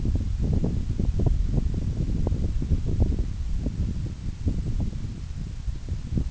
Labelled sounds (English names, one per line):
none